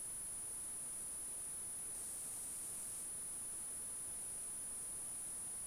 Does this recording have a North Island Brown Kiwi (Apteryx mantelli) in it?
no